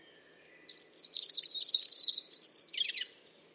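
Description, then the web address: Bird vocalizing with a single rapid, high twittering phrase, dense and jumbled, fading at the end. "Deverinetal 2025. Bird Only"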